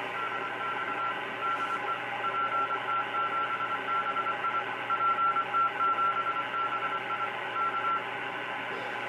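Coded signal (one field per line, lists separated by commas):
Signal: Morse code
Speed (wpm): 24 wpm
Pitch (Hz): 1350 Hz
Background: radio noise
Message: DX DE PT7BI PT7BI K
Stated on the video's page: Heard on a refurbished HA700 shortwave receiver fitted with outboard gadgets: crystal calibrator, Q-multiplier and crystal-controlled converter.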